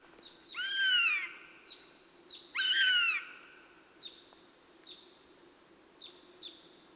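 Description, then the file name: Eurasian jay uttering two loud, descending harmonic mews, with several short, thin high notes around them; faint steady hum in the background. "Garrulus glandarius"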